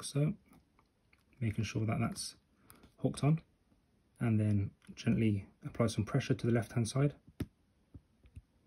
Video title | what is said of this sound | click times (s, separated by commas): How to replace the function keycaps on a MacBook Pro A1708 (2016 - 2018) | you'll you should feel it click into place | 7.4 s